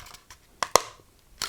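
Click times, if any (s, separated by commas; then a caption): 0.6 s, 0.8 s. The plastic top hanging piece of a Hasbro replica Eye of Agamotto pendant from Doctor Strange, which has a keying guide, is clipped onto the pendant. Two sharp plastic clicks at 0.6 s and 0.8 s mark the piece seating, with a faint tap before them and another sharp click at 1.4 s. The piece is clipped on securely, though it is judged to be cheap plastic.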